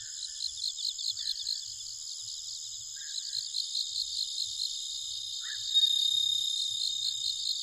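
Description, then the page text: Bell cricket song: quick bursts of high pulsed chirps against a constant insect drone, with a few brief lower calls in between. Nikko, Japan; 1 October 2011, at night, 21:48. "Homoeogryllus japonicus [Sounds -Nikko Today-]"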